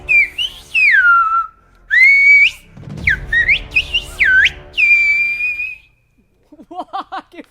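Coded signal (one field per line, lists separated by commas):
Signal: whistled language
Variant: Silbo Gomero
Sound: loud piercing whistle rising and falling in several phrases, then short quiet chirps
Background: low room rumble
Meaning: This video is super interesting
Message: This video is SUPER INTERESTING.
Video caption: [Rogelio] (In Gomeran whistle) This video is SUPER INTERESTING. [Elena] Wow!, it's incredible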